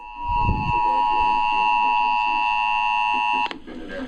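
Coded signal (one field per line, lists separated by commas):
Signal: Emergency Alert System (SAME) tones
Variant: 853 and 960 Hz attention tone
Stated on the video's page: Required monthly test heard on radio and TV.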